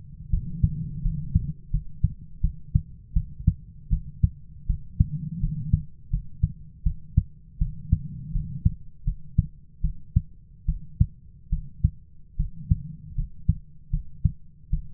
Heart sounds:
heart sounds by stethoscope; 79 bpm
0.31 s: heartbeat
1.03 s: heartbeat
1.71 s: heartbeat
2.42 s: heartbeat
3.14 s: heartbeat
3.90 s: heartbeat
4.67 s: heartbeat
5.41 s: heartbeat
6.11 s: heartbeat
6.84 s: heartbeat
7.59 s: heartbeat
8.33 s: heartbeat
9.05 s: heartbeat
9.82 s: heartbeat
10.66 s: heartbeat
11.50 s: heartbeat
12.37 s: heartbeat
13.15 s: heartbeat
13.91 s: heartbeat
14.71 s: heartbeat
From the record:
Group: healthy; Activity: rest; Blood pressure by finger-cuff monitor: 132/80 mmHg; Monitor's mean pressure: 100 mmHg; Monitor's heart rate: 81 bpm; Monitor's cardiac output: 7.2 L/min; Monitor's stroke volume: 89 mL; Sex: female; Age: 22 years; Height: 161 cm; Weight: 65.5 kg

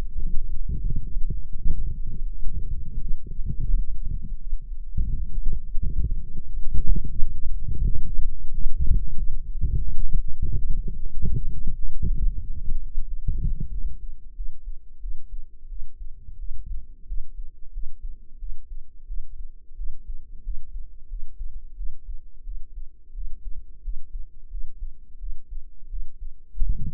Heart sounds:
heart sounds by microphone in the right ear; 89 bpm
0.16 s: heartbeat
0.82 s: heartbeat
1.55 s: heartbeat
2.27 s: heartbeat
2.98 s: heartbeat
3.63 s: heartbeat
4.37 s: heartbeat
5.08 s: heartbeat
5.79 s: heartbeat
6.44 s: heartbeat
7.15 s: heartbeat
7.84 s: heartbeat
8.51 s: heartbeat
9.14 s: heartbeat
9.79 s: heartbeat
10.46 s: heartbeat
11.11 s: heartbeat
11.74 s: heartbeat
12.38 s: heartbeat
13.03 s: heartbeat
13.69 s: heartbeat
14.34 s: heartbeat
14.99 s: heartbeat
15.67 s: heartbeat
16.36 s: heartbeat
17.05 s: heartbeat
17.71 s: heartbeat
18.37 s: heartbeat
19.05 s: heartbeat
19.75 s: heartbeat
20.42 s: heartbeat
21.07 s: heartbeat
21.74 s: heartbeat
22.42 s: heartbeat
23.12 s: heartbeat
23.81 s: heartbeat
24.48 s: heartbeat
25.17 s: heartbeat
25.87 s: heartbeat
26.58 s: heartbeat
From the record:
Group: healthy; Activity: light exercise 0-12 s, rest 12-27 s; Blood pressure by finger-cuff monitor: 124/84 mmHg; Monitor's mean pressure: 95 mmHg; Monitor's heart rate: 88 bpm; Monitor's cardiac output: 6.8 L/min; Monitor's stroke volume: 78 mL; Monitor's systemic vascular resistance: 1010 dyn s/cm5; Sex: female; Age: 22 years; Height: 160 cm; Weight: 45 kg

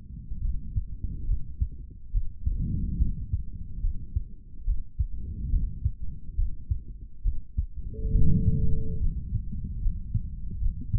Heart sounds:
heart sounds by stethoscope; 71 bpm
0.41 s: heartbeat
1.26 s: heartbeat
2.12 s: heartbeat
2.98 s: heartbeat
3.81 s: heartbeat
4.65 s: heartbeat
5.50 s: heartbeat
6.36 s: heartbeat
7.23 s: heartbeat
8.12 s: heartbeat
8.99 s: heartbeat
9.79 s: heartbeat
10.59 s: heartbeat
From the record:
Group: healthy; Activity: rest 0-10 s, breath hold 10-11 s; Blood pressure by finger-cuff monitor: 122/89 mmHg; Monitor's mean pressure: 100 mmHg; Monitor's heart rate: 71 bpm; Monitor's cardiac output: 3.3 L/min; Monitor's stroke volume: 46 mL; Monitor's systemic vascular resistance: 2230 dyn s/cm5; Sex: male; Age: 55 years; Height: 167 cm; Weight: 57.2 kg

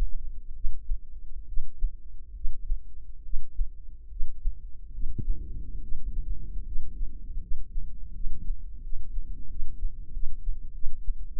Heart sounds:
heart sounds by microphone in the left ear; 78 bpm
0.52 s: heartbeat
1.45 s: heartbeat
2.32 s: heartbeat
3.21 s: heartbeat
4.08 s: heartbeat
4.90 s: heartbeat
5.79 s: heartbeat
6.63 s: heartbeat
7.38 s: heartbeat
8.11 s: heartbeat
8.80 s: heartbeat
9.47 s: heartbeat
10.10 s: heartbeat
10.72 s: heartbeat
11.32 s: heartbeat
From the record:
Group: healthy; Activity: breath hold 0-4 s, rest 4-11 s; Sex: female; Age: 22 years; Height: 157 cm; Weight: 47.6 kg

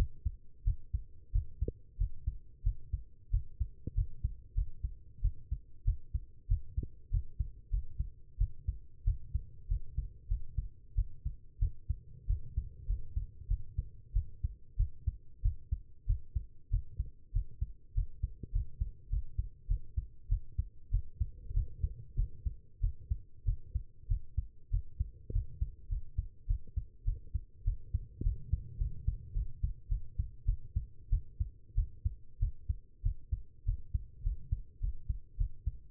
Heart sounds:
heart sounds by stethoscope; 97 bpm
0.64 s: heartbeat
1.32 s: heartbeat
1.97 s: heartbeat
2.63 s: heartbeat
3.30 s: heartbeat
3.94 s: heartbeat
4.54 s: heartbeat
5.21 s: heartbeat
5.84 s: heartbeat
6.48 s: heartbeat
7.10 s: heartbeat
7.70 s: heartbeat
8.38 s: heartbeat
9.04 s: heartbeat
9.68 s: heartbeat
10.28 s: heartbeat
10.95 s: heartbeat
11.59 s: heartbeat
12.27 s: heartbeat
12.86 s: heartbeat
13.47 s: heartbeat
14.13 s: heartbeat
14.76 s: heartbeat
15.42 s: heartbeat
16.06 s: heartbeat
16.70 s: heartbeat
17.32 s: heartbeat
17.94 s: heartbeat
18.52 s: heartbeat
19.09 s: heartbeat
19.67 s: heartbeat
20.28 s: heartbeat
20.90 s: heartbeat
21.53 s: heartbeat
22.15 s: heartbeat
22.80 s: heartbeat
23.44 s: heartbeat
24.07 s: heartbeat
24.70 s: heartbeat
25.32 s: heartbeat
25.88 s: heartbeat
26.46 s: heartbeat
27.04 s: heartbeat
27.64 s: heartbeat
28.23 s: heartbeat
28.78 s: heartbeat
29.33 s: heartbeat
29.88 s: heartbeat
30.45 s: heartbeat
31.09 s: heartbeat
31.74 s: heartbeat
32.39 s: heartbeat
33.02 s: heartbeat
33.65 s: heartbeat
34.23 s: heartbeat
34.80 s: heartbeat
35.37 s: heartbeat
From the record:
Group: healthy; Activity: rest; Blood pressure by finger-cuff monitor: 127/81 mmHg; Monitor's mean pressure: 92 mmHg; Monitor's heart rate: 94 bpm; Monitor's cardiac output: 7.2 L/min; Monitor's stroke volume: 76 mL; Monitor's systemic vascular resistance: 950 dyn s/cm5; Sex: female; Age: 19 years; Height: 163 cm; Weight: 51 kg

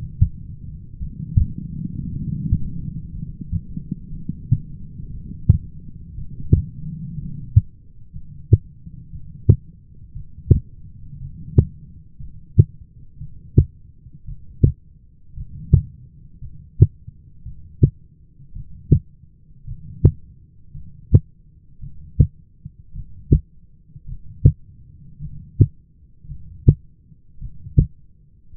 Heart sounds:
heart sounds by stethoscope; 57 bpm
0.98 s: heartbeat
2.10 s: heartbeat
3.11 s: heartbeat
4.11 s: heartbeat
5.12 s: heartbeat
6.16 s: heartbeat
7.16 s: heartbeat
8.12 s: heartbeat
9.11 s: heartbeat
10.14 s: heartbeat
11.20 s: heartbeat
12.18 s: heartbeat
13.19 s: heartbeat
14.27 s: heartbeat
15.36 s: heartbeat
16.41 s: heartbeat
17.44 s: heartbeat
18.54 s: heartbeat
19.66 s: heartbeat
20.73 s: heartbeat
21.81 s: heartbeat
22.94 s: heartbeat
24.07 s: heartbeat
25.20 s: heartbeat
26.28 s: heartbeat
27.40 s: heartbeat
28.56 s: heartbeat
From the record:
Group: heart failure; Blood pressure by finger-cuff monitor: 98/62 mmHg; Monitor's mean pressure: 73 mmHg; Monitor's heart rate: 57 bpm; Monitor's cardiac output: 5.9 L/min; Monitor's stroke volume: 105 mL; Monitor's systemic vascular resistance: 880 dyn s/cm5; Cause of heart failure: dilated cardiomyopathy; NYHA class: 2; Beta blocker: bisoprolol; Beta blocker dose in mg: 10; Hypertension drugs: sacubitril-valsartan, spironolactone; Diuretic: furosemide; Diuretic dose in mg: 40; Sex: male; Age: 29 years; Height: 174 cm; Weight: 92 kg

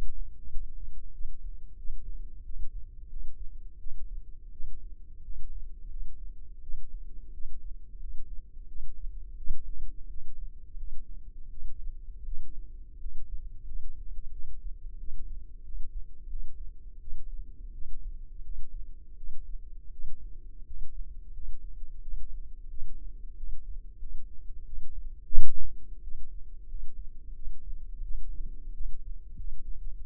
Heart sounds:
heart sounds by microphone in the left ear; 87 bpm
0.49 s: heartbeat
1.12 s: heartbeat
1.76 s: heartbeat
2.43 s: heartbeat
3.08 s: heartbeat
3.78 s: heartbeat
4.51 s: heartbeat
5.22 s: heartbeat
5.88 s: heartbeat
6.61 s: heartbeat
7.31 s: heartbeat
7.98 s: heartbeat
8.66 s: heartbeat
9.36 s: heartbeat
10.08 s: heartbeat
10.75 s: heartbeat
11.49 s: heartbeat
12.24 s: heartbeat
12.98 s: heartbeat
13.63 s: heartbeat
14.31 s: heartbeat
14.97 s: heartbeat
15.63 s: heartbeat
16.27 s: heartbeat
16.99 s: heartbeat
17.72 s: heartbeat
18.42 s: heartbeat
19.15 s: heartbeat
19.90 s: heartbeat
20.64 s: heartbeat
21.31 s: heartbeat
22.00 s: heartbeat
22.68 s: heartbeat
23.35 s: heartbeat
23.98 s: heartbeat
24.64 s: heartbeat
25.31 s: heartbeat
26.01 s: heartbeat
26.66 s: heartbeat
27.33 s: heartbeat
28.02 s: heartbeat
28.72 s: heartbeat
29.35 s: heartbeat
30.00 s: heartbeat
From the record:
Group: healthy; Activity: rest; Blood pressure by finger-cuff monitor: 83/57 mmHg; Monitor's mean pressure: 65 mmHg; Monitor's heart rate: 88 bpm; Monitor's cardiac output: 6.7 L/min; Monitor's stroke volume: 78 mL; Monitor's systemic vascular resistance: 690 dyn s/cm5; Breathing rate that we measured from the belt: 23 breaths a minute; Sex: female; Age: 19 years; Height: 163 cm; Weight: 48.9 kg

